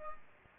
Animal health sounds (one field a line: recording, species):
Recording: mosquito wingbeat signal from an infrared sensor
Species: Culex pipiens